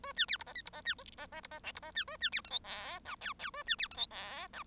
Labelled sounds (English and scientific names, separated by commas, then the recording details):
Bengalese Finch (Lonchura striata domestica) song
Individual Bird1